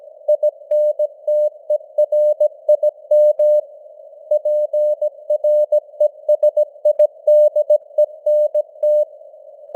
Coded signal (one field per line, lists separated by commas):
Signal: Morse code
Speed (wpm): 17 wpm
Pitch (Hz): 600 Hz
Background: none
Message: INTERIM PRESIDENT